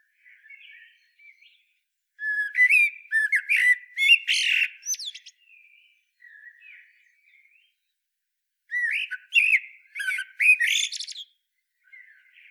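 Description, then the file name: Common blackbird song: two loud bursts of fluted notes mixed with high squeaky twitters, with soft quiet warbles between them. "Turdus merula"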